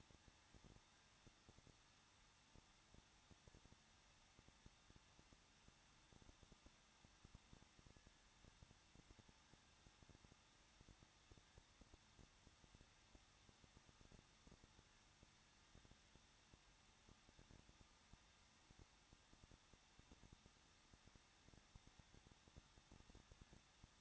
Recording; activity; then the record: daily activity, microphone in the room; no activity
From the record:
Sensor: 3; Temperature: 21.2 degrees Celsius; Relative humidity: 36.2%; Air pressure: 1006.4 hPa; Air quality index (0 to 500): 221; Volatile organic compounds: 40 ppm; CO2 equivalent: 3145 ppm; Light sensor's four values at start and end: 2/3/2/2 and 2/3/2/2